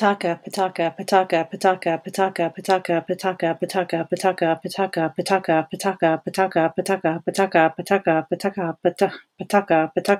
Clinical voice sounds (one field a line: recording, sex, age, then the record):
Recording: repeated syllables /pa ta ka/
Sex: female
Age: 50 to 59 years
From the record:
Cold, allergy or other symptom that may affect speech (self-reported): no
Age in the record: 50 years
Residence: Ohio, United States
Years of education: 14